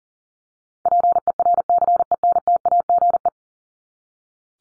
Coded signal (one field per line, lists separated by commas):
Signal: Morse code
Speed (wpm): 40 wpm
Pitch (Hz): 700 Hz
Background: none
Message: PERCENTAGE